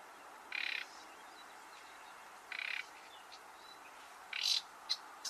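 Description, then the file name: Common nightingale uttering brief grating rattles, two evenly spaced, then a louder burst followed by a few sharp clicks, against constant low hiss. "Luscinia megarhynchos"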